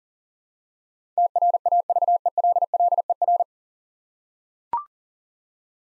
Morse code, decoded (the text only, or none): TRAVELLER